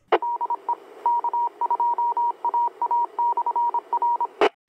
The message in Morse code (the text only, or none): DE K2AA/R